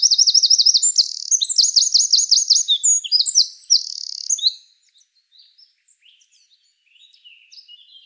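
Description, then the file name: Eurasian wren song: a loud, very high, rapid outpouring of fast trills and sharp notes, already under way at the start, then faint scattered chips and near silence. "Troglodytes troglodytes"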